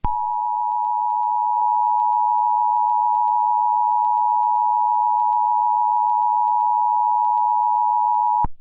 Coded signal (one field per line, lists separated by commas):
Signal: Emergency Alert System (SAME) tones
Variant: 853 and 960 Hz attention tone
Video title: From the GoldenboyEAS Archives: EAS Scenario- War of the Century In Mobius City (Part II)